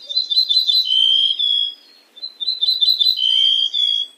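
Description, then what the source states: Bunting song, a run of buzzy repeated notes followed by lower, drawn-out whistles. The phrase is given twice, separated by a short pause. Sings in a timbre similar to the corn bunting but very evenly; the song is partly whistled, and at some point the voice splits.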